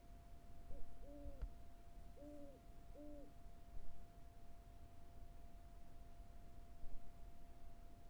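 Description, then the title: Owl hooting, four low hollow hoots in quick succession over quiet background noise with a constant faint tone. Carrizo Plain. "neoscenes: Carrizo Plains owl"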